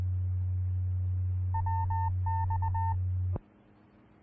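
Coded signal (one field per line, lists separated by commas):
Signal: Morse code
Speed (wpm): 20 wpm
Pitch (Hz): 1800 Hz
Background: none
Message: WX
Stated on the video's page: Denver area Skywarn repeater on 146.940 MHz.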